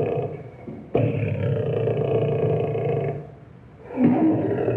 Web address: Madacy Music Group Inc 292 Sound Effects. Lion